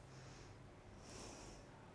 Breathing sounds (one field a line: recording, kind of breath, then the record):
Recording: one breath in and out by a microphone near the nose and mouth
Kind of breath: normal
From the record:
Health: marked as sick, illness not named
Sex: female